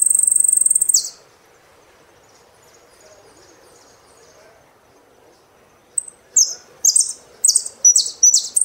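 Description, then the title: Saffron finch song: a sustained high buzzy trill ends abruptly, a long pause follows, then a run of loud, sharp, clipped chirped phrases. "Jilguero Argentino"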